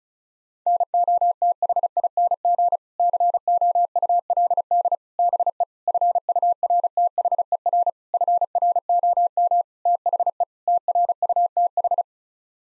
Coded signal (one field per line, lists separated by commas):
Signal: Morse code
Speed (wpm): 36 wpm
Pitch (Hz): 700 Hz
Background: none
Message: NOTHING COULD BE FURTHER FROM THE TRUTH